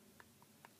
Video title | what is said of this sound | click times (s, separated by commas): Rite aid compact tampons (super ) review. And absorb test. | Hear that click? That's good. That means it's good in there. | 0.2 s, 0.7 s